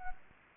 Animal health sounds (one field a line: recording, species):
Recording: mosquito wingbeat signal from an infrared sensor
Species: Anopheles gambiae